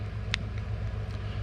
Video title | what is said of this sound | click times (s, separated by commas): How to replace a 2016 Ford F-150 5 Button Smart Key Battery | Now that it's locked in, squeeze the 2 halves together slowly and gently, | 0.3 s